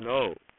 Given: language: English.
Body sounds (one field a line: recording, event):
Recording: throat vibration sensor signal played as sound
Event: speech